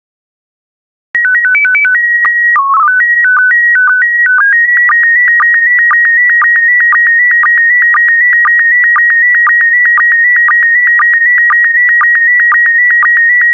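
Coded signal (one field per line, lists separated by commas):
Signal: SSTV (slow-scan television)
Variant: PD120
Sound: warbling header tones, then a steady high whine with regular clicky dips about twice a second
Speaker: transmission complete you can now check your decoded image against the picture that is shown on the video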